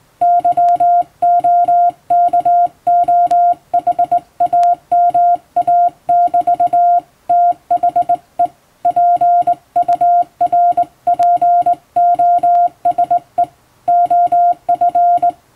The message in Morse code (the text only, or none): YOKOHAMA<BT> THE PURPOSE OF